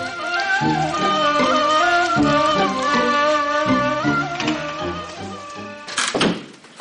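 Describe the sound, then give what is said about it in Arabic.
Steady rhythmic music plays throughout, then near the end a brief burst of sharp knocks on a door cuts through, loud and quick before the music resumes. “عارفه بس انا اتهيألي ان في حد خبط على الباب.”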